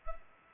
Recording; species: mosquito wingbeat signal from an infrared sensor; Culex pipiens